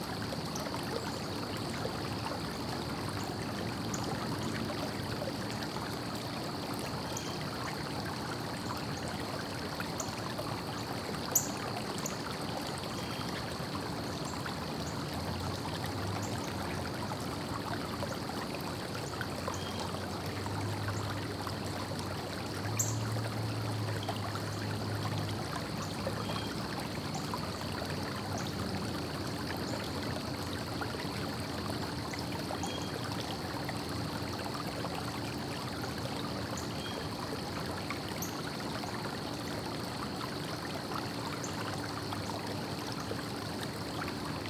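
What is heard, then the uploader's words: Water flows in a steady, dense trickle that stays even for the whole stretch, with a faint high whine running throughout. A low rumble of distant traffic swells briefly around the middle, and a couple of small clicks stand out near 11 and 23 seconds. Flowing Water and Distant Traffic.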